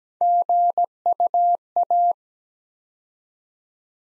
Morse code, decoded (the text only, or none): GUA